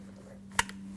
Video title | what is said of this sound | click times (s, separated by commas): How to Replace Front Interior Door Handles 2012-2021 Nissan NV2500 | First you want to plug it in, listen for the click. | 0.6 s